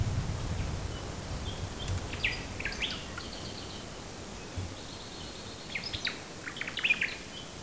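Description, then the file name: Bird song: soft, scattered high chirps and short trilled phrases in small bursts, over steady background hiss with some low rumble at the start. "manu birdsongs"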